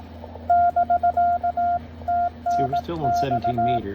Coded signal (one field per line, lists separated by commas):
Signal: Morse code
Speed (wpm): 18 wpm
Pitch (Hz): 1400 Hz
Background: speech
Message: <BK>TNX